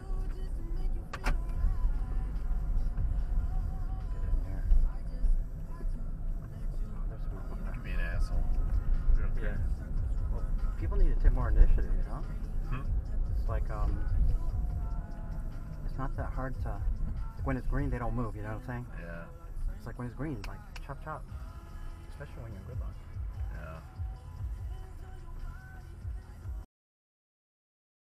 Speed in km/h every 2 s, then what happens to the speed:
29, 26, 24, 24, 24, 27, 27, 26, 21, 13, 8, 3, 0, 0.
0-13 steady at about 26. 13-23 slows to 0. 23-28 standing.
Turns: none.